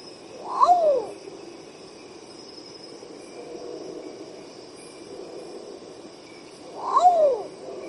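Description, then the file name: Long-tailed potoo giving two separate melancholy whistled calls about six seconds apart, each a short upward lift followed by a long falling slur, with quiet insect drone between. "canto do urutau pardo"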